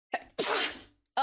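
A brief voiced intake is followed by one explosive, hissing burst that fades over about half a second: a single sneeze from an adult. The next sound begins just as the clip ends.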